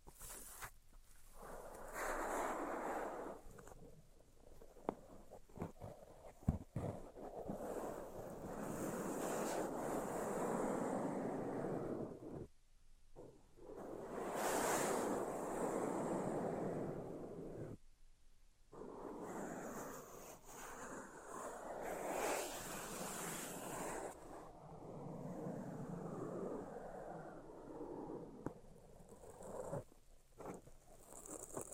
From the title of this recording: Tapping, Scratching, and Tracing Sounds